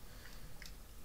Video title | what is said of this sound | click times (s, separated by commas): CS7.2 Build Series - Sorter Assembly | So, this is the correct way to line it up. They'll kind of snap in place. | 0.6 s